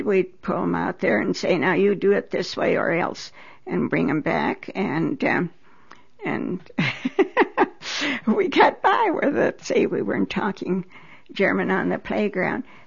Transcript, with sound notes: We'd pull him out there and say, "Now you do it this way or else." And bring him back, and, (she laughs) we got by with it, see. We weren't talking German on the playground.